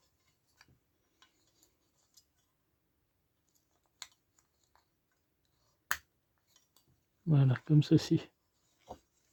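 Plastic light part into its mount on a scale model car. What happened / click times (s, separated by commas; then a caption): The small plastic light part clipped into its mount / 5.9 s. A plastic light assembly part is fitted into its mount on a 1/6 scale model Citroën DS 19, with faint light taps and ticks before it clips in with a sharp click at 5.9 s. Someone then talks, confirming the part is seated.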